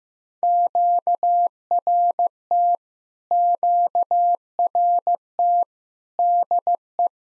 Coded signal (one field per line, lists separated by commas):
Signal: Morse code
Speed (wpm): 15 wpm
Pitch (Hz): 700 Hz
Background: none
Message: QRT QRT DE